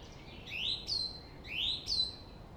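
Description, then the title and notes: Song thrush song: a rising sweep followed by a high whistled note, the phrase given twice in a row over a low hum of traffic. Singing in Friedhof Columbiadamm (Neuer Garnisonsfriedhof) cemetery, Berlin; distant city traffic noise; recorded with Sony PCM D50. "Friedhof Columbiadamm, Berlin - Song thrush. Friedhof Columbiadamm (Neuer Garnisonsfriedhof), Song thrush (Singdrossel) singing, distant city. traffic noise (Sony PCM D50)"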